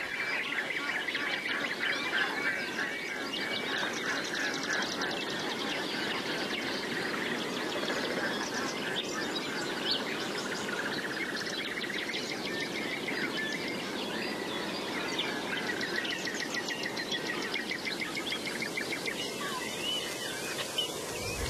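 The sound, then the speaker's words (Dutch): Black-necked grebes call softly from across the water, a faint, continuous chorus of high trills and chirps blending into a dense wash of bird sound, with no voices. “Zachtjes op de achtergrond, aan de andere kant van het water, hoor je de geoorde futen.”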